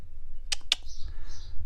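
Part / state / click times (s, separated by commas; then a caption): torque wrench tightening a spark plug into a motorcycle engine cylinder head / torque reached / 0.5 s, 0.7 s. A torque wrench set to 12 foot-pounds tightens a spark plug into the cylinder head of a Honda CBR250R motorcycle engine. Two sharp clicks sound at 0.5 s and 0.7 s, over a low background rumble followed by a soft hiss. The wrench has clicked at its torque setting.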